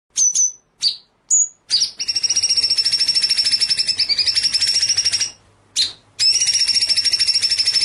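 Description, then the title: White-rumped shama song: a few sharp whistled notes, then a long, steady, high rattling trill that pauses briefly and resumes. Training (masteran) track with full rolling ('ngerol') and shooting ('nembak') song styles. "Masteran Murai Batu Full Ngerol Nembak"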